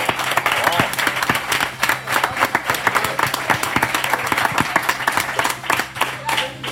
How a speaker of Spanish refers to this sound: Un aplauso.